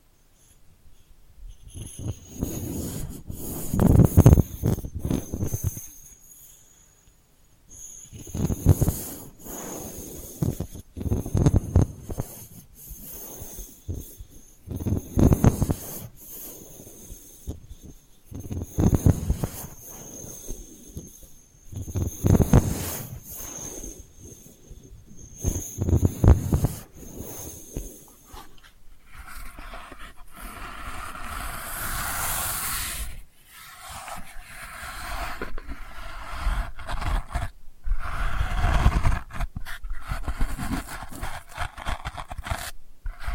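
Delicate scratching comes in short bursts every few seconds, with a faint steady whine until about 28 seconds, then lighter, busier rustling.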